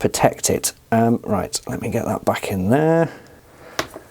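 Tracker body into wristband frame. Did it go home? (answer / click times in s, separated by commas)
yes / 3.8 s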